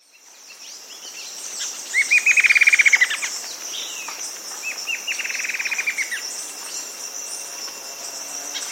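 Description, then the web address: Rufous-winged antwren with two rapid stuttering trills, the first louder, the second softer, over a high insect hum and faint chirps. South America. "Natures Songs S America Rufous-Winged Antwren"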